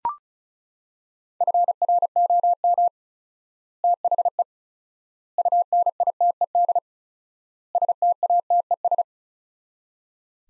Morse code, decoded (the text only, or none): FROM THE UNITED STATES